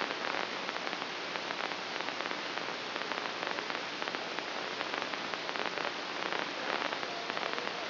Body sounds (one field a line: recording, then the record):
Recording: brain microelectrode recording played as sound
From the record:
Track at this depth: inside the subthalamic nucleus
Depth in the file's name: 2.325 mm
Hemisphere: right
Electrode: 2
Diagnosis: Parkinson's disease